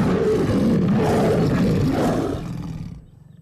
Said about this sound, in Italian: E allora, dopo questo ruggito, noi salutiamo Boris Sollazzo.